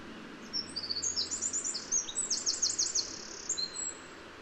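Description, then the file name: Eurasian wren song, a quick stream of shrill trills and chattering notes lasting about three seconds, with soft background noise beneath. "Troglodytes troglodytes"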